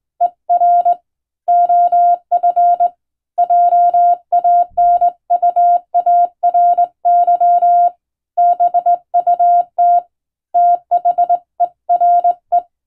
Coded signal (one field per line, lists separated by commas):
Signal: Morse code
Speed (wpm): 21 wpm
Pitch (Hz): 700 Hz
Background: none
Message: ER OF JANUARY BUT THERE